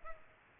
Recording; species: mosquito wingbeat signal from an infrared sensor; Culex pipiens